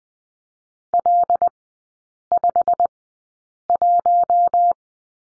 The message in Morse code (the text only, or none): L51